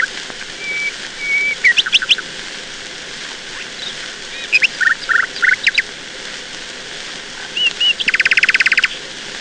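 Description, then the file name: Nightingale song: thin whistled notes, sharp clicking phrases, then a fast rattling trill of repeated notes near the end. "Solovei"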